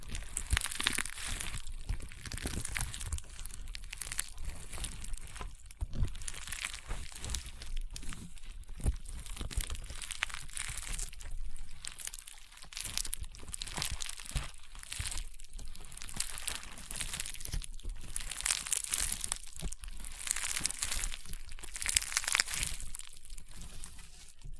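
Honeycomb slime is squeezed and worked in a continuous stream of crunchy, crackling and popping sounds for the whole stretch. The crackles are dense and irregular, bright and hissy, with brief softer gaps and occasional louder crunching bursts.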